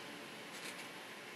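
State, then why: Not seated. A 3D-printed plastic spindle lock is handled and brought up to a trim router spindle, ready to be pushed in. A steady broad hiss runs throughout, with a slight swell around 0.6 to 0.8 s. Nothing has seated or clicked yet.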